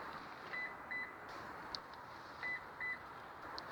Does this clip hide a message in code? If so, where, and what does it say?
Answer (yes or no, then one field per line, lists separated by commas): no